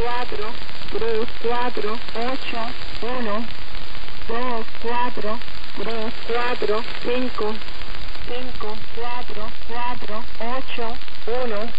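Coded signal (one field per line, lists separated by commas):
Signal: numbers station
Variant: HM01, Spanish female voice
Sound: voice reading Spanish numbers in short evenly spaced syllables over shortwave hiss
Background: radio static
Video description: Cuba Calling 04309 67701 15063 43481 24345 54481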